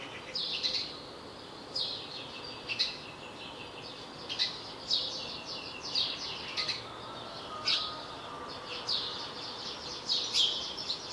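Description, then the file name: House sparrow chirps, many short notes, some bunched together, repeated throughout against a hissy background. "Passer domesticus"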